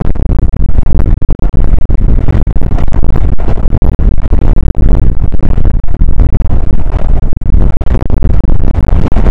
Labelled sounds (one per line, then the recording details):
wind
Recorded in the Prudhoe Bay oil fields, Alaska, on 29 May 2019 at 00:04
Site 25